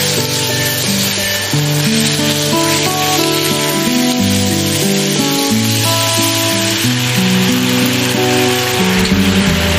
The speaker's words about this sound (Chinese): 那个热油一呲它就香味就出来了那种